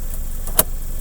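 A Mazda MX-5 roadster's soft-top roof is pulled closed and its hook latch engages on the windscreen frame, catching with clicks at 0.1 s, 0.5 s and a sharp, loud click at 0.6 s over a steady low background hum. The roof latch is seated shut.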